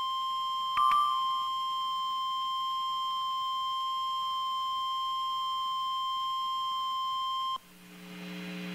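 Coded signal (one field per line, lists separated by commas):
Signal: Emergency Alert System (SAME) tones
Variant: 1050 Hz attention tone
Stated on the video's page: Severe thunderstorm warning from NOAA Weather Radio station, Tulsa, OK forecast office.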